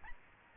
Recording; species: mosquito wingbeat signal from an infrared sensor; Aedes albopictus